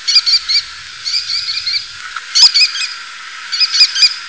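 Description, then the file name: Eurasian sparrowhawk calling in four short bursts of sharp, high chattering notes, each burst under a second long. "sprwhawk"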